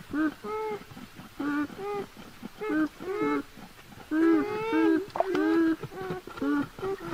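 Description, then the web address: Beaver whining calls, repeated short nasal whines with rich harmonics, the later ones longer and more wavering, coming in quick clusters. "animal-sound beaver-sound"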